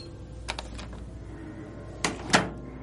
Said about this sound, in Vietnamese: Sau khi đợi đến khuya mà không thấy hai con về, gọi mấy cuộc không ai bắt máy, cho nên bà đành đóng cửa rồi đi ngủ.